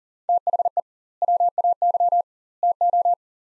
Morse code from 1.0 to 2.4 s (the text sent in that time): WAY